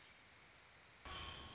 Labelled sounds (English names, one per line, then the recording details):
Warbling Vireo
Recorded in Sonoma County, California